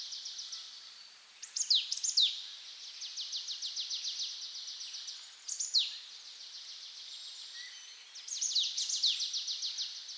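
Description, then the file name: Marsh tit calls: long, fast rattling series of high thin notes, broken a few times by sharp downslurred notes. "Poecile palustris"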